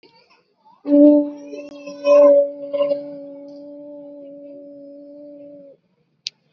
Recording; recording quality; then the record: sustained vowel as in boot; excellent, no background noise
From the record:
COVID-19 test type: RT-PCR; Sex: female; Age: 20 years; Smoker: no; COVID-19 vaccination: both doses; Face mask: worn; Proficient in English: yes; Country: India